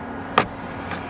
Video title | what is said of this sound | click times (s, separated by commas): How To Change Cabin Air Filter Toyota Prius 2004-2009 Gen2 | there you go when you hear the Clack now you | 0.4 s